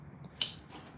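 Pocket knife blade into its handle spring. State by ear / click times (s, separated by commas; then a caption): seated / 0.4 s. The blade of a steel folding pocket knife is worked, and the backspring drives it home into its handle with a single sharp, bright snap at 0.4 s. The snap rises sharply above a quiet low background and rings briefly before fading. The blade is seated.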